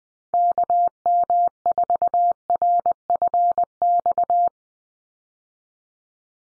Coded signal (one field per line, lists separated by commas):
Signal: Morse code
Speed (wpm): 20 wpm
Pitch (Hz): 700 Hz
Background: none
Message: KM4RFX